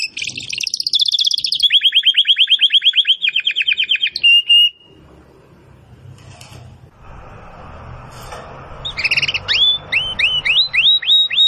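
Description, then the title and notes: Domestic canary song: fast trills, a clear whistle, a quiet pause, then a fresh run of rising whistled notes. Belgian canary singing in the Campainha (bell) song style. "Canário Belga Campainha Canary Singing. Canario Belga Cantando"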